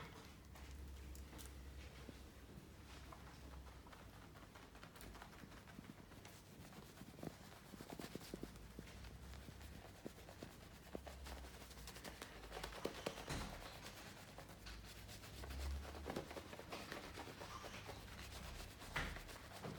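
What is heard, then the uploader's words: Continuous rubbing and scrubbing over skin and cloth during a shave and massage, full of dense crackling clicks and brushing strokes. A low steady hum comes and goes underneath, and a few sharper slaps stand out around the middle and near the end. Men's shave & Turkish massage. Beard cut, sheet washing and magic massage.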